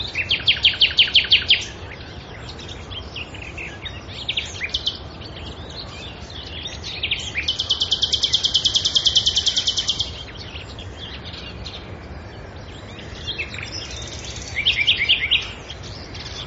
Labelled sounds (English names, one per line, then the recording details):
Common Nightingale song
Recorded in the wild
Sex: male
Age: adult
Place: Karower Teiche, Naturpark Barnim, Berlin, DE
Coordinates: 52.6222, 13.46
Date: 1993-05-12
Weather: sunny, 25°C
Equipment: Aiwa HD-S1, Sennheiser MKH 70
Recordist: Frommolt, Karl-Heinz